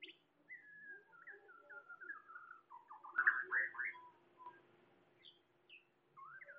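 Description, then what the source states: Bird singing a string of clear whistled notes that step downward, then a louder burst of rich warbled phrases and a few short rising whistles, over a faint steady hum. Bird chirping.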